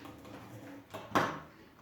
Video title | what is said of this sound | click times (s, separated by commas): Апноэ сна. Храп. Сонливость. Усталость. Лечение. | Вот до щелчка | 1.2 s